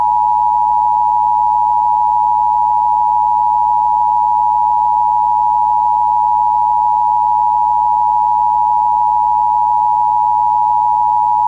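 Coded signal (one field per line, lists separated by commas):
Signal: Emergency Alert System (SAME) tones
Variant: 853 and 960 Hz attention tone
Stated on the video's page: Fictional EAS scenario based on an analog horror series; simulated alert, not real.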